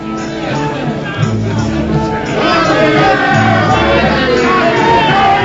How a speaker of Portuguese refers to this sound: Na varanda ajardinada, as horas passam devagar, ao contrário da multidão lá fora, que corre aos gritos, manifestando suas crenças, sua alegria e até mesmo suas desesperanças.